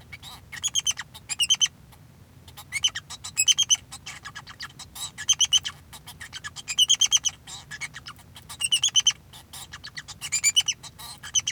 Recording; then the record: song of a male Bengalese finch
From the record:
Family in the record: son of father 2